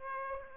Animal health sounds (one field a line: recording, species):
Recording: mosquito wingbeat signal from an infrared sensor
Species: Aedes aegypti